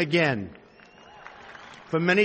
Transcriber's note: applause